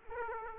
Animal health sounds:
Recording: mosquito wingbeat signal from an infrared sensor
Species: Aedes aegypti

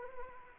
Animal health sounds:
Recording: mosquito wingbeat signal from an infrared sensor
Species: Anopheles arabiensis

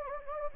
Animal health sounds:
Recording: mosquito wingbeat signal from an infrared sensor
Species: Anopheles gambiae

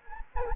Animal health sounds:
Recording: mosquito wingbeat signal from an infrared sensor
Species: Anopheles gambiae

